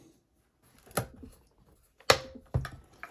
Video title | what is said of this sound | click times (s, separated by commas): Prepping your effect pedals with blue tape and dual lock - NO DAMAGE to your expensive gear! | You hear it pop into place. | 2.1 s